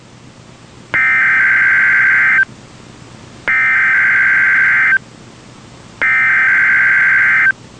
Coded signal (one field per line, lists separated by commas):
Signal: Emergency Alert System (SAME) tones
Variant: header bursts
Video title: NOAA Weather Radio - Weekly EAS Test - 6/29/16